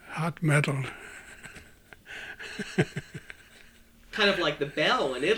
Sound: he laughs

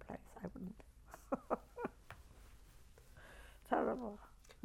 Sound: she laughs

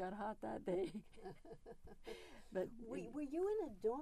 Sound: chuckles

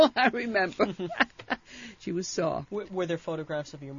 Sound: she laughs

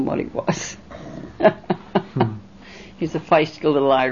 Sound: she laughs

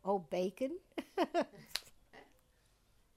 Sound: she laughs

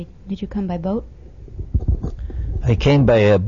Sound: microphone noise

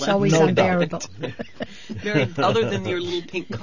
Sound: they laugh

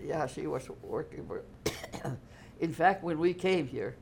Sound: coughs

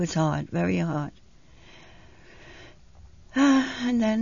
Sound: she sighs

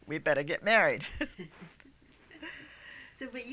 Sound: they laugh

